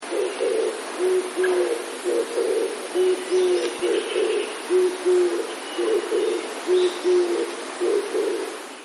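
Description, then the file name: Oriental turtle dove cooing: a steady, rhythmic series of low, hoarse coos. "kijibato"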